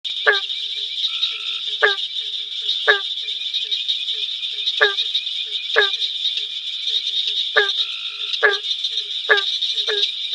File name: Hyla gratiosa call